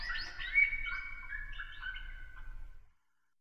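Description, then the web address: Rats squeaking: overlapping wavering squeaks and chirps, some sliding downward, fading out after about three seconds over a low hum. "1001 Sound Effects. Rats"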